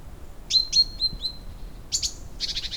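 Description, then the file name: Great tit calls: four thin, high notes with short whistled tails, then harsh, buzzy chattering bursts near the end. "Parus major"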